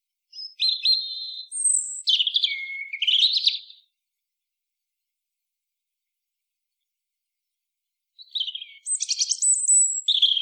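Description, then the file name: European robin singing: two separate phrases of high whistles and fluttering twitters, divided by about four seconds of silence. "Erithacus rubecula"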